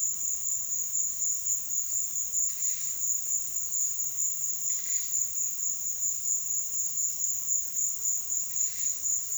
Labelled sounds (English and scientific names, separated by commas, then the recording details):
none
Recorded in pastures near Puerto Asís, Putumayo, Colombia, on 22 June 2025 at 14:30
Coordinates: 0.466, -76.322
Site GP07